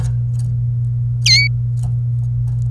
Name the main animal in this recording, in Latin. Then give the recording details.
Serinus canaria. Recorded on 27 April 2018 at 08:12. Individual llb3